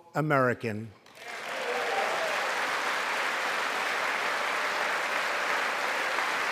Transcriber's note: applause